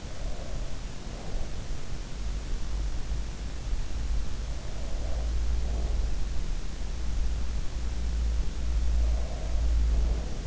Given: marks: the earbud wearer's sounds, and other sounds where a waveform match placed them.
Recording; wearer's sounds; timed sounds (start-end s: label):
sounds in sleep by an in-ear microphone; breath
0.00-1.81 s: breath
4.49-6.21 s: breath
8.79-10.47 s: breath